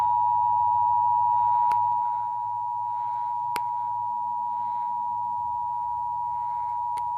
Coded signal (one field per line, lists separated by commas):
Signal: Emergency Alert System (SAME) tones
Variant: 853 and 960 Hz attention tone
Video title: EAS Catch #1: Special Marine Warning (Fictional)